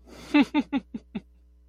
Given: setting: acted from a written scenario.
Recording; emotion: vocal sound without words; amusement